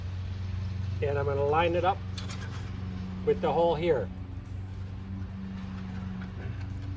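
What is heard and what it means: A plastic wheel skin is being positioned over a car alloy wheel so its hole lines up with the valve stem (air supply), before any pressure is applied. Someone talks over a steady low hum, with a brief faint scrape near 2.2 s. Nothing has snapped or seated yet.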